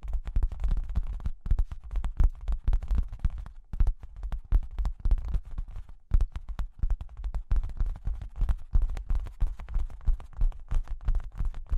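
Fingers tap and scratch across cork and wood in a dense, uneven stream of small knocks and dry rubbing strokes. The taps carry a soft, dull thump with crisp clicks on top, pausing briefly near 1.5, 3.5 and 6 seconds before resuming.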